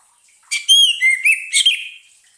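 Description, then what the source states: Orange-headed thrush singing one short, bright phrase of sweet whistles and rapid slurred notes, sung clearly with no other sounds. Therapy recording intended for an orange-headed thrush that has stopped singing.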